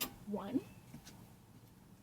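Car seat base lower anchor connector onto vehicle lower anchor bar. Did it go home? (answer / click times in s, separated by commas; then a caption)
no / none. Someone talks briefly while a Chicco KeyFit 30 rear-facing infant car seat base is handled upright, its lower anchor connectors about to be pushed onto the vehicle's lower anchor bars one after the other. Soft handling sounds follow the speech. Nothing has seated or clicked yet.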